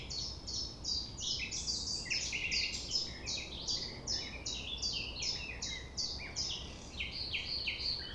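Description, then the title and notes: Common nightingale song: crisp repeated chirps in quick succession, several dropping into low buzzy rattles around the second and third seconds, over soft background noise. Sung at sunrise, 6 a.m., near the Thève river at Champ de Ménage; the nightingale sings without waiting for silence. "6 A.M. Lever du soleil non loin de la Thève au Champ de Ménage. Le rossignol n'attend pas le silence."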